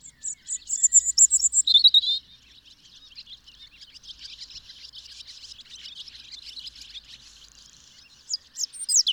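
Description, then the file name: European robin song: a quick series of very high, repeated thin notes, then a quieter stretch with a continuous high buzzy background, closing with a few sharp high notes. "Erithacus rubecula"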